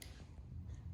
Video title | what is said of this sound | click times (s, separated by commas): 2020 NOV CAM HD STUDIO TRAINING | press in you should hear a click | 0.0 s